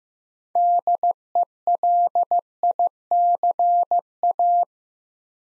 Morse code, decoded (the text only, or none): DELICA